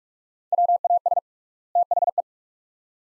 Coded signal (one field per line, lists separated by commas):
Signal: Morse code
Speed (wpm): 47 wpm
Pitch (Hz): 700 Hz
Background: none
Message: WAS THE